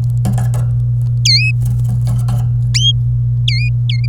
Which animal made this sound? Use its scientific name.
Serinus canaria